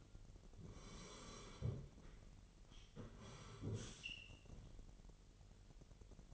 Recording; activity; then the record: daily activity, microphone in the room; sit down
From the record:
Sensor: 4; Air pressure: 999.4 hPa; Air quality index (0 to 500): 109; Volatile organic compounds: 2 ppm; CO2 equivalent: 1075 ppm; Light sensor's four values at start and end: 11/26/10/11 and 11/26/10/11